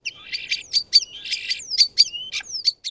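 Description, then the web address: Bird giving rapid, high chirps and twittering notes mixed with thin whistled slurs that sweep up and down, delivered in a busy, continuous stream. "Eyewitness Birds"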